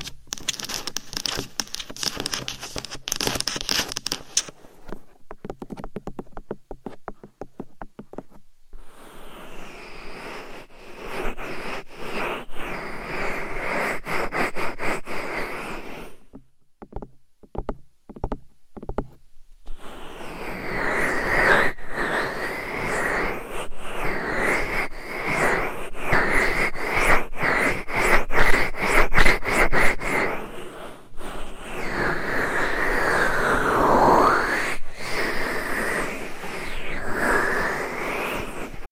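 Mic scratching and rubbing, dense rough friction that breaks off into quick sparse tapping around 5–9 and 16–19 seconds.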